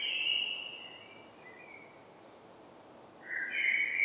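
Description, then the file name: Common blackbird with the tail of one fluting phrase, a pause, then the start of another mellow whistled phrase. "Turdus merula"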